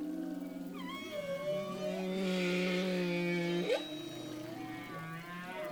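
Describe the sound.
Humpback whale song: low sustained moans with bright harmonics and a quick upward sweep midway, then softer tonal calls.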